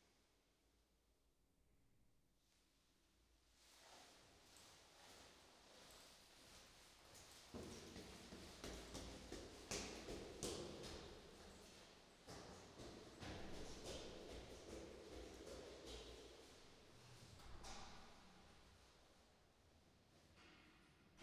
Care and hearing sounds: everyday scene through a hearing-aid microphone; reverberant space; background noise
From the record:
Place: staircase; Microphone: in the ear canal, right

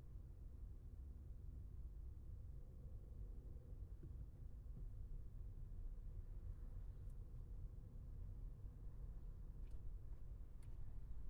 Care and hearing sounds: everyday scene through a hearing-aid microphone; in a vehicle; engine, traffic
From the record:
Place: Skoda Fabia, gasoline engine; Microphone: behind the ear, left, front

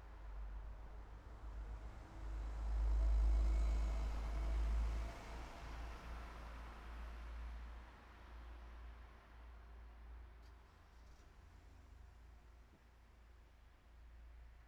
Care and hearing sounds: everyday scene through a hearing-aid microphone; in traffic; traffic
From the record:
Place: city secondary road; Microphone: behind the ear, right, front

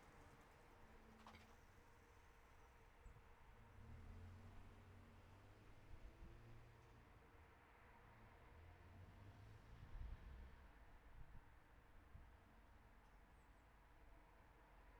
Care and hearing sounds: everyday scene through a hearing-aid microphone; in traffic; traffic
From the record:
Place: city secondary road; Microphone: behind the ear, right, front

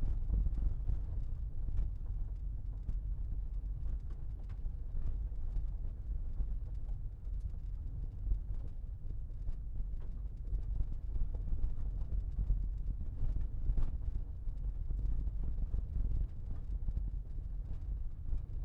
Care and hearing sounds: everyday scene through a hearing-aid microphone; in a vehicle; engine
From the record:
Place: Berlingo II, diesel engine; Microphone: behind the ear, left, rear

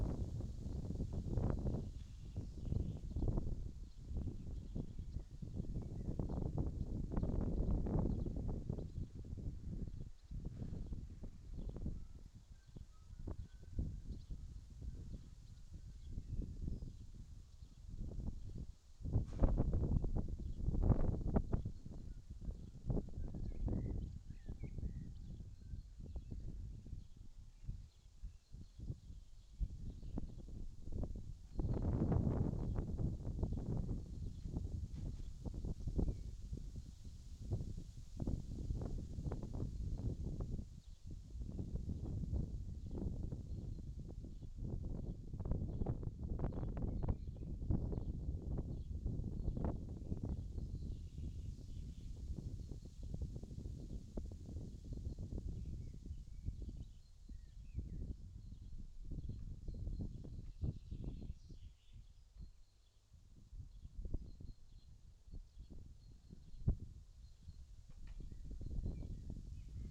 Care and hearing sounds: everyday scene through a hearing-aid microphone; wind on the microphone; wind, other noises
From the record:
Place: in front of a rural house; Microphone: in the ear canal, left

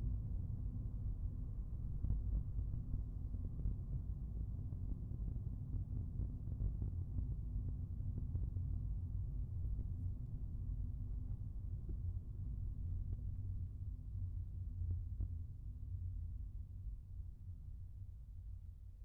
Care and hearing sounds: everyday scene through a hearing-aid microphone; in a vehicle; engine, rumble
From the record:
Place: Skoda Fabia, gasoline engine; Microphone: behind the ear, right, rear

